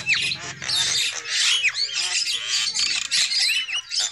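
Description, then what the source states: Lovebirds squawk in a harsh, high flurry, with a few clear down-slurred and arched whistles standing out among the chatter. Lure call used for trapping lovebirds.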